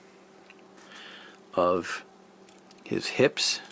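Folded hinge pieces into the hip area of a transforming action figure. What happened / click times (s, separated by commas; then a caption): Handled, not yet home: plastic pieces moved but no seating click yet / none. Folded hinge pieces are handled near the back of the hips of a plastic Transformers Studio Series 01 Bumblebee action figure during its transformation, while someone talks. Faint small plastic ticks from handling are heard around 0.5 s and between 2.5 and 2.8 s. Nothing has seated or clicked in yet.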